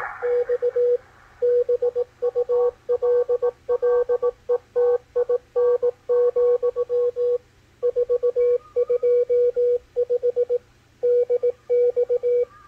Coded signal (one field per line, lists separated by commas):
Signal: Morse code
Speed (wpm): 18 wpm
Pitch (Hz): 490 Hz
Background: none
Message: X BULLETIN, 425 DX